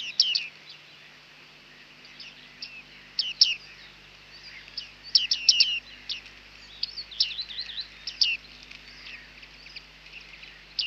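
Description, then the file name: Bearded reedling calls, softer pinging notes mixed with twittering chatter, scattered irregularly throughout over faint background hiss. "Bearded Tit (Panurus biarmicus)"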